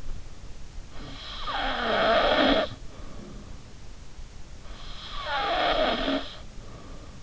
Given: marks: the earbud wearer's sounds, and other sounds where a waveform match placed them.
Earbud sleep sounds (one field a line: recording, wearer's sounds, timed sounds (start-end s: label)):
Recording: sounds in sleep by an in-ear microphone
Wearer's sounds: snoring breath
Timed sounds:
0.89-3.59 s: snoring breath
4.77-7.11 s: snoring breath